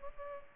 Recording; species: mosquito wingbeat signal from an infrared sensor; Culex pipiens